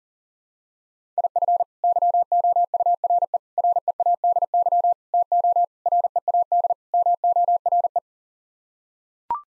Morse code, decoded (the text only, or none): IF YOURE READY TO READ MORE